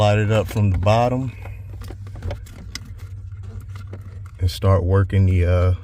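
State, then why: Not seated. A clip of an aluminium sport pedal cover is worked onto the rubber of the brake pedal in a C7 Audi A6 3.0T. Someone talks at the start and end, with soft scrapes and light taps of handling in between over a low vehicle hum. Nothing has seated or clicked yet.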